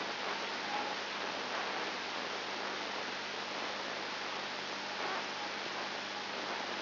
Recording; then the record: brain microelectrode recording played as sound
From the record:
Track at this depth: inside the subthalamic nucleus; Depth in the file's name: 5.101 mm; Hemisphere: left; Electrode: 2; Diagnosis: Parkinson's disease